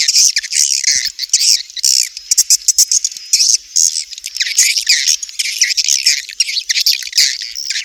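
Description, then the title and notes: Swiftlet chirping calls, a dense stream of high, buzzy twittering notes overlapping continuously, with brief gaps and no other clear sounds. Swiftlet farming sound, Asia. "Swiflet Bird Sound. Farming Swiflet Bird asia sound"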